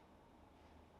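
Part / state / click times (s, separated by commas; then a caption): smoothing dryer attachment on hair multi-styler / not seated / none. A smoothing dryer attachment on a Dyson Airwrap Multi-Styler is handled, twisted by its cool tip to switch mode, over a steady low hum and broadband noise. Nothing has seated or clicked yet; the attachment is not yet in its fixed position.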